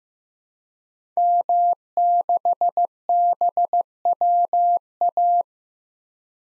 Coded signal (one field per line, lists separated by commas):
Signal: Morse code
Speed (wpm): 15 wpm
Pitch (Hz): 700 Hz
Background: none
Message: M6BWA